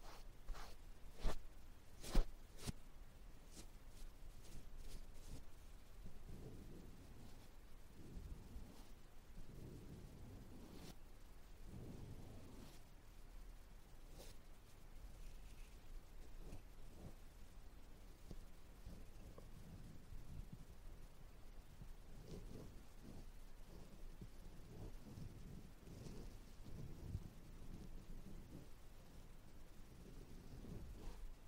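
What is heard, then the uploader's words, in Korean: Ear touching sounds: soft brushing and rubbing that swells and fades in low rumbling pulses throughout. A few sharp taps stand out in the first three seconds, and quieter clicks recur around 11 and 14 seconds over a steady, muffled rustle. No talking 말없이 귀에 먼지 털어내기 ear touching sound.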